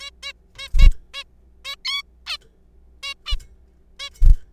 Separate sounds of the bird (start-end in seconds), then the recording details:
0.01-0.10, 0.23-0.32, 0.59-0.69, 0.79-0.88, 1.14-1.23, 1.65-1.75, 1.85-2.03, 2.27-2.37, 3.03-3.14, 3.26-3.36, 4.00-4.09. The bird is a juvenile. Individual R3428